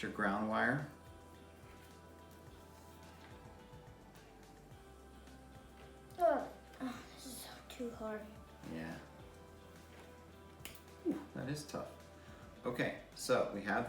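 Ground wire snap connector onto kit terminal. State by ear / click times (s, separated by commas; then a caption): seated / 10.6 s. A child pushes the black ground-wire snap connector onto a terminal of an electronics kit boat build, straining through several hard tries while someone talks. At 10.7 s the connector snaps on with a short, sharp click and is seated.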